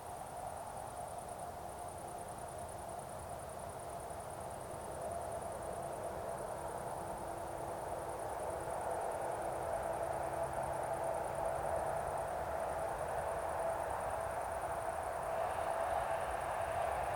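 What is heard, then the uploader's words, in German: Crickets chirp without pause over an evening meadow, a thin, high, rapidly pulsing trill that holds steady throughout. Beneath it, a distant road gives a continuous soft rumble and hiss, and a faint light wind. The whole scene swells slightly after the first few seconds. Wiese am Abend, leichter Wind, Straße in der Ferne. Höre die Grillen zirpen und in der Ferne die Geräusche einer Straße.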